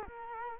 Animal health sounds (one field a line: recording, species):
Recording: mosquito wingbeat signal from an infrared sensor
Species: Culex quinquefasciatus